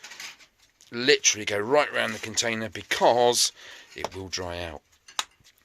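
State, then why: Partly seated. Someone talks while a plastic lid is pressed onto a tub of product by working around the rim, so the product won't dry out. A sharp snap of the lid is heard at 5.2 s, but the lid is not yet fully sealed all the way around.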